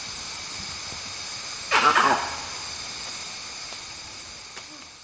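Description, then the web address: Langur making a single brief, rasping call against a constant high hiss and faint clicks. "monkey langur call"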